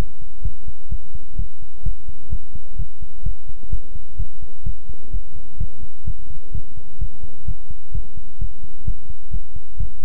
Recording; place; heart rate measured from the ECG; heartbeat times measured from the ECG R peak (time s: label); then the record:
heart sounds by stethoscope; between the tricuspid and mitral areas; 128 bpm
0.42 s: heartbeat
0.89 s: heartbeat
1.36 s: heartbeat
1.83 s: heartbeat
2.30 s: heartbeat
2.76 s: heartbeat
3.23 s: heartbeat
3.70 s: heartbeat
4.17 s: heartbeat
4.64 s: heartbeat
5.11 s: heartbeat
5.58 s: heartbeat
6.05 s: heartbeat
6.52 s: heartbeat
6.99 s: heartbeat
7.45 s: heartbeat
7.92 s: heartbeat
8.39 s: heartbeat
8.85 s: heartbeat
9.31 s: heartbeat
9.77 s: heartbeat
From the record:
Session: pedaling a stationary bicycle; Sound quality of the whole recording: good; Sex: male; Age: 24 years